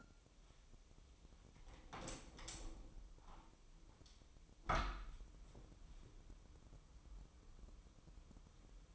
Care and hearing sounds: daily activity, microphone in the room; open window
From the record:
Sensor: 1

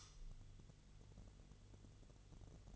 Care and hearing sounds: daily activity, microphone in the room; light on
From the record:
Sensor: 4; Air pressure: 1008.7 hPa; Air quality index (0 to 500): 100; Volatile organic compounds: 1 ppm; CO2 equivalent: 747 ppm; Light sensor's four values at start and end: 11/25/10/9 and 12/27/11/10

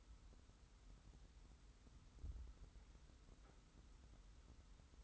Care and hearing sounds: daily activity, microphone in the room; wipe stove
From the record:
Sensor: 3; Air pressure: 990.4 hPa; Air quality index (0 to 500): 185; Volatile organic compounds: 1000 ppm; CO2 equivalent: 6014 ppm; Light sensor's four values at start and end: 46/108/44/42 and 46/108/44/42

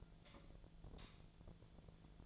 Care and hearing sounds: daily activity, microphone in the room; light off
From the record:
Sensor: 5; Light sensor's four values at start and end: 159/406/169/180 and 158/403/168/179

